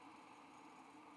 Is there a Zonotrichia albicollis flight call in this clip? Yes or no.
no